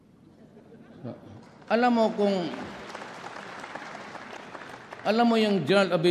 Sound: applause